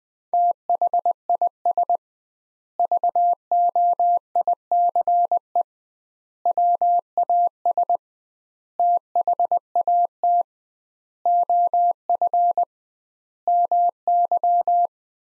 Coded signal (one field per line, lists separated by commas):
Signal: Morse code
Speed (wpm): 20 wpm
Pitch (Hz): 700 Hz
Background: none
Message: THIS VOICE WAS THAT OF MY